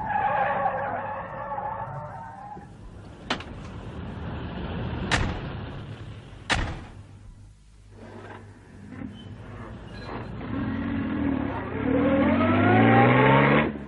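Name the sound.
car driving fast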